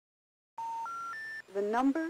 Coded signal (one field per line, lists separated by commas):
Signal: telephone call progress tone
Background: speech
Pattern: special information tone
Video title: Modem Connection with Number Not in Service Operator Message.